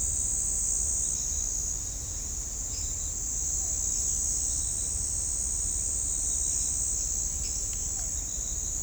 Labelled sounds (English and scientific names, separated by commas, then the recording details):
none
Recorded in shrubland near Pivijay, Magdalena, Colombia, on 5 June 2023 at 03:30
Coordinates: 10.453, -74.365
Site P5-G022